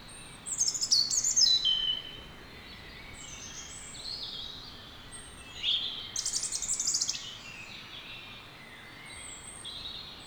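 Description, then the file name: European robin delivering high, scratchy warbles and thin whistles in separate phrases, including a brief rapid sibilant trill midway through. "Erithacus rubecula"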